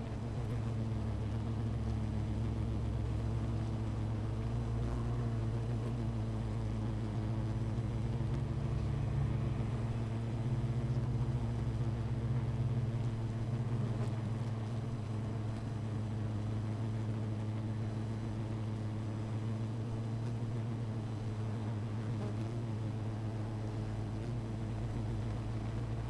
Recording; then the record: honeybee colony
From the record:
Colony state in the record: missing queen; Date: 14 July 2017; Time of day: 16:17